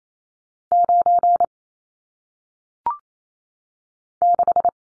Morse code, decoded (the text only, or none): 9 6